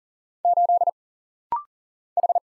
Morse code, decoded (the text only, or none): 8 H